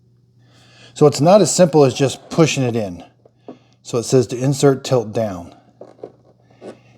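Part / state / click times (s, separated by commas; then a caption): milk frother container into espresso machine base / not seated / none. Someone talks while trying to insert the milk frother container of a Chefman Barista Pro 6-in-1 (RJ54-V2) into the espresso machine base by tilting it down. Brief, faint knocks follow near 5.8 s and 6.0 s as the container is worked. It has not seated or clicked into place yet.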